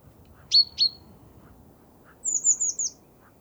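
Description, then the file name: Great tit calling: two sharp high notes with trailing tails, then a quick run of four downslurred high chips, against a quiet background. "Parus major"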